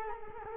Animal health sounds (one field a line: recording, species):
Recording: mosquito wingbeat signal from an infrared sensor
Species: Culex quinquefasciatus